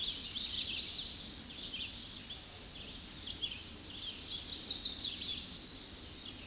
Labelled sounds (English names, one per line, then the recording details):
Chestnut-sided Warbler song
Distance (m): 20 m
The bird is about 10 m above the microphone
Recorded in a Pennsylvania forest on 16 May 2024 at 08:15
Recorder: AudioMoth, point MSD-0263
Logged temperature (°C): 16.0 °C
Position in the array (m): 104 m, 202 m